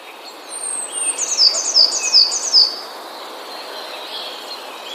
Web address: wroblowe teka spiew. modraszkoteka